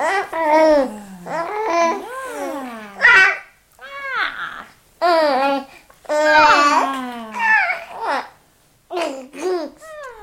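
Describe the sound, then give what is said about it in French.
A baby who does not yet quite talk babbles in bursts of high, sing-song syllables, rising and falling in pitch, with a few sharper little cries and squeals between short pauses. “Si l'on se plonge dans l'esprit du bébé, qui ne parle pas tout à fait encore, mais qui comprend, il appelle, il désire quelque chose, il appelle, il tente de dire quelque chose.”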